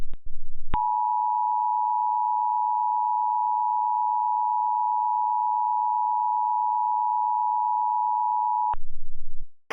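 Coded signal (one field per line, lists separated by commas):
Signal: Emergency Alert System (SAME) tones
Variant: 853 and 960 Hz attention tone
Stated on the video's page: Mock tornado alert, not a real broadcast, using valid tones.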